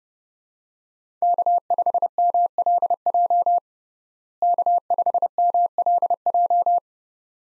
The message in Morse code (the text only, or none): K5MLJ K5MLJ